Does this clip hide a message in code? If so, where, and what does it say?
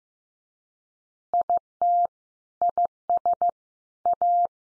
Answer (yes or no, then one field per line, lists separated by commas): yes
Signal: Morse code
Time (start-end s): 1.3-4.5 s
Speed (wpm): 15 wpm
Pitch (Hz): 700 Hz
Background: none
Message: IT IS A